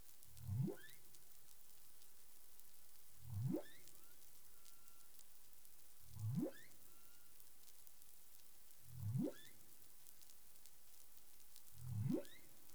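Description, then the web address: Humpback whale calls: five low upswept moans rising from deep to mid pitch, each about half a second, evenly repeated roughly every three seconds over constant underwater crackling. Recorded 20 April 2021 at 04:14 UTC. "CARIMAM. humpback whale 20210420 041442 UTC"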